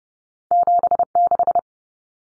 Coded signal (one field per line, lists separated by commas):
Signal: Morse code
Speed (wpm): 30 wpm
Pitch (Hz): 700 Hz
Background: none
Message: 76